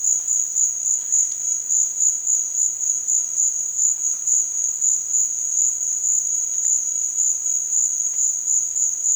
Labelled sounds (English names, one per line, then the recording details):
none
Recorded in dense forest near Puerto Asís, Putumayo, Colombia, on 27 June 2025 at 14:30
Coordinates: 0.468, -76.322
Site GP03